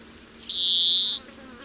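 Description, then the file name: European greenfinch giving a single drawn-out, nasal, buzzy wheeze lasting under a second, level with a slight upward lean, over quiet background hiss. "Chloris chloris"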